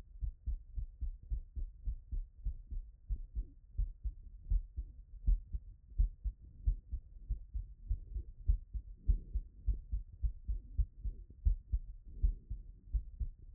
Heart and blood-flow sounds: heart sounds by stethoscope; Erb's point; 70 bpm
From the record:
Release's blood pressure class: normal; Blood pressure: 111/56 mmHg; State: after exercise

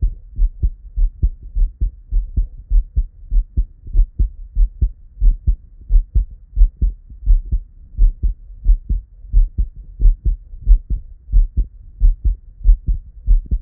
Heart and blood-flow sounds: heart sounds by stethoscope; Erb's point; 91 bpm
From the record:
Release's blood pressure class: elevated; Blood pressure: 120/76 mmHg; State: at rest

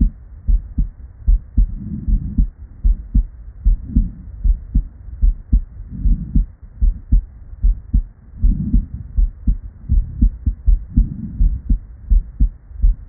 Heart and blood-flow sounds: heart sounds by stethoscope; Erb's point; 77 bpm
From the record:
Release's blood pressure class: normal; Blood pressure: 116/66 mmHg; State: at rest

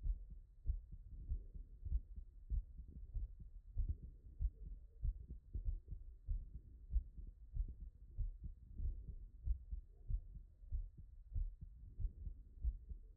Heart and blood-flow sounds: heart sounds by stethoscope; Erb's point; 96 bpm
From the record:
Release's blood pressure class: hypertension stage 1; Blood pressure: 137/69 mmHg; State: after exercise

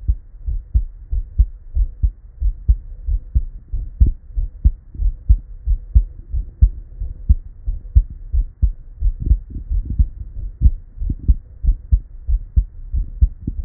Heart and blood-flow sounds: heart sounds by stethoscope; Erb's point; 91 bpm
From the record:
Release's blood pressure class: hypertension stage 2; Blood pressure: 140/93 mmHg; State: at rest

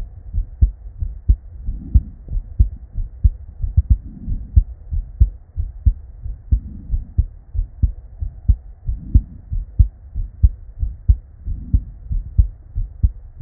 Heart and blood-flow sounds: heart sounds by stethoscope; Erb's point; 84 bpm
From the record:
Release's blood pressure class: normal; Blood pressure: 107/63 mmHg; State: at rest

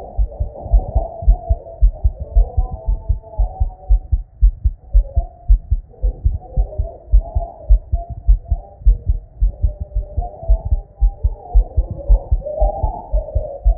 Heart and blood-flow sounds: heart sounds by stethoscope; Erb's point; 112 bpm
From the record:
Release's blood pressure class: hypertension stage 1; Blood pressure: 130/76 mmHg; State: at rest

